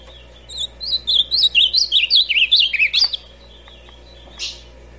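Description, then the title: Ultramarine grosbeak delivers one phrase of about two and a half seconds of quick, warbling whistled notes dipping lower at the end, followed by a short scratchy sound and steady hum. Classic song style. "Azulão Canto Clássico Original"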